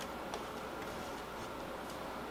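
A wire paper clip, its large loop hooked around a pegboard hook, is handled as its bent inner lobe is worked toward the empty hole below the hook. Over a steady hiss come faint light ticks, with one sharper tick at 0.3 s. Nothing has seated or clicked into the hole yet.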